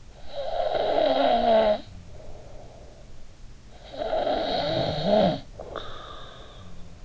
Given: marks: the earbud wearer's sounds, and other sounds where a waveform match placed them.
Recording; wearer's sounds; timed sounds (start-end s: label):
sounds in sleep by an in-ear microphone; snoring breath
0.11-7.05 s: snoring breath